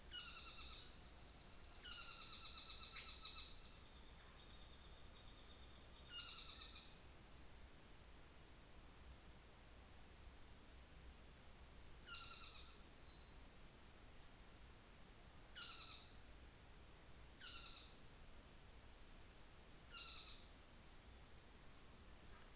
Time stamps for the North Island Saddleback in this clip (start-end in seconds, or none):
0.00-0.86, 1.74-7.16, 11.86-12.81, 15.46-16.17, 17.33-17.91, 19.86-20.49